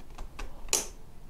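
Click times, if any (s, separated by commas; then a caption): 0.7 s. The motorcycle wheel is rotated until the spring-loaded pin of a Roadlok XRA 307 Eurosport disc lock drops into the hole in the brake disc. Two faint ticks at about 0.2 and 0.4 seconds lead to one sharp, bright click at 0.7 seconds that fades out quickly. The pin seats and the lock is confirmed locked.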